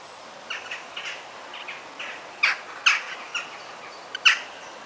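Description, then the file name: Bird chirps in short sharp bursts, a few louder notes standing out near the middle and end against a quiet background. Forest setting. "ASMR Sounds of the Forest - Soothing Bird Sounds"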